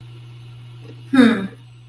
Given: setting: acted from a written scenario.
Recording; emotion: vocal sound without words; pride